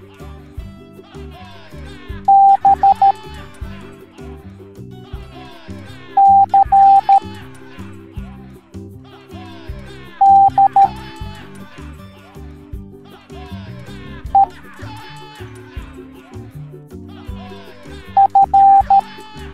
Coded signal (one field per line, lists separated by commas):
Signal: Morse code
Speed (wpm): 13 wpm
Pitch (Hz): 790 Hz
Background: speech, music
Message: B C D E F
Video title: Pirate Teaching the Morse Code Alphabet Educational Video for Kids